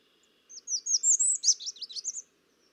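American redstart song: a single longer phrase of high tumbling notes, somewhat jumbled, over a faint low hum.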